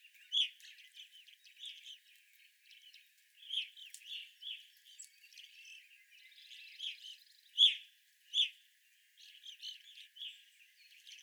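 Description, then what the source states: Evening grosbeak calls, a run of sharp chirps with quieter notes and a short buzzy passage near the middle. Evening grosbeaks, 25 April 2021.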